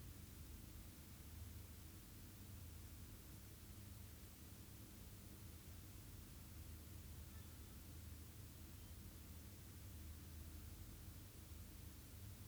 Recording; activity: daily activity, guitar pickup as the sensor; stand